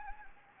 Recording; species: mosquito wingbeat signal from an infrared sensor; Anopheles gambiae